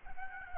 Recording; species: mosquito wingbeat signal from an infrared sensor; Aedes albopictus